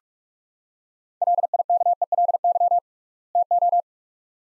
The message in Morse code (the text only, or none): LIKELY TO